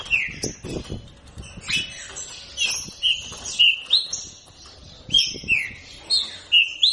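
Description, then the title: Green-winged saltator song: clear whistled notes in short bursts, several dropping slurs repeated in a row, with high thin chirps and soft low knocks between. Captive-bred bird; song style called voice 07 (Voz 07). "Canto De Trinca Ferro Voz 07"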